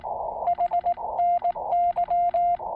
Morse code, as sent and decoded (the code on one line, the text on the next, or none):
.... -. -.--
HNY